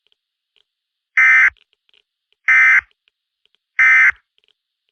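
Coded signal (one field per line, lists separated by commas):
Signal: Emergency Alert System (SAME) tones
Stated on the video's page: Simulated EAS nuclear disaster scenario for New York state.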